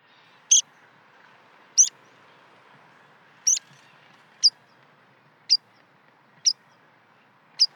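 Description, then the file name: Rock pipit giving sharp, thin high calls, one every second or so, each a brief flick over faint background noise. "skarpiplarka"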